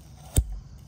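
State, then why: Seated. A tail light wiring connector on a JLU is pushed back onto the tail light socket until it latches, giving one sharp click at 0.4 s. A brief low thump trails off after it. The connector is seated.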